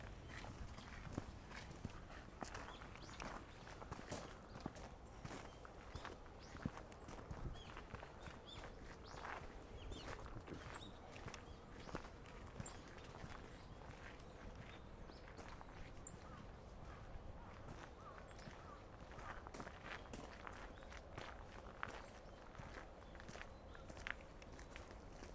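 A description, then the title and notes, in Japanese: Footsteps crunch steadily along a gravel shrine path, a continuous rhythm of grinding stones with sharp bright crackles throughout. 玉砂利の参道を歩く – The approach to the shrine。明治神宮を歩きました。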